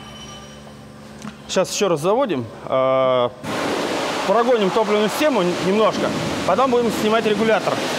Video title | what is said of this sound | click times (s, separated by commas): Диагностика и ремонт топливной аппаратуры Kia Sorento D4CB | и защелку на зафиксировалась сейчас | 1.3 s